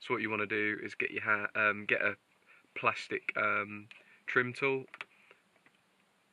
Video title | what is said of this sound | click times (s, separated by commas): How to replace Audi sun visor clip, EASY fix! (Audi A3 8P 2009) | get underneath like that you heard that click and then probably | 5.3 s, 5.7 s